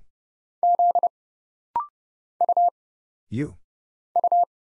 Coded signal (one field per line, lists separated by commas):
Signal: Morse code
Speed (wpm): 29 wpm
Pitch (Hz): 700 Hz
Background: none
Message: Z U U